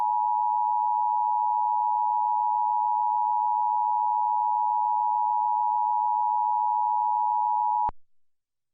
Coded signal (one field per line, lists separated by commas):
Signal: Emergency Alert System (SAME) tones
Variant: 853 and 960 Hz attention tone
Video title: EAS - San Diego Under Water